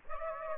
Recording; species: mosquito wingbeat signal from an infrared sensor; Aedes aegypti